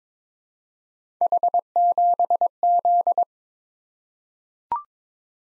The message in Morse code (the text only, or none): H7Z